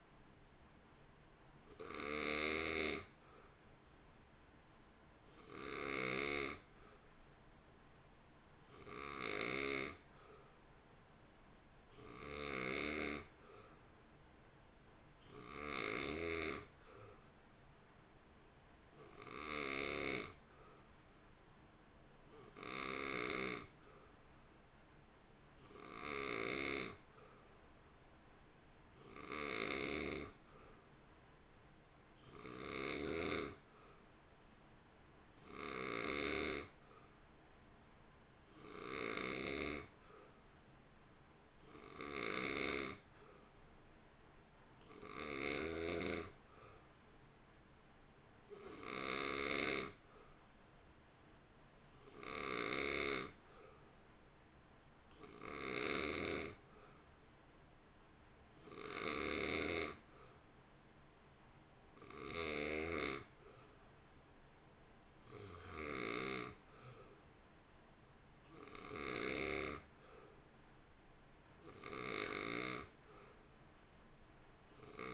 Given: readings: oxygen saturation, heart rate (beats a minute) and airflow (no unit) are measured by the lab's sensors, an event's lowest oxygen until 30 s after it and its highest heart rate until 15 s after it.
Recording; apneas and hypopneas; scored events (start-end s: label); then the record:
breathing in sleep by a voice recorder at the bedside; none
none scored
From the record:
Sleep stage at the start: N2 (light sleep); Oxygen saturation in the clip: 87 to 91%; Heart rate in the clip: 54 to 59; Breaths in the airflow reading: 26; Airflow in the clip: -1.5 to 1.1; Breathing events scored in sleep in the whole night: 328 in 6.3 hours asleep